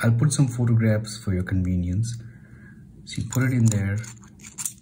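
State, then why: Not seated. Someone talks while the grip section of a Lamy Ideos fountain pen is handled and brought toward the barrel's internal locking mechanism, which it is pushed into rather than screwed. A few faint, brief handling taps come near the end, around 4.5 to 4.8 seconds, but nothing has seated or clicked yet.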